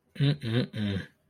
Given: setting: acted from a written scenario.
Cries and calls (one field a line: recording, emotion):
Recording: vocal sound without words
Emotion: contempt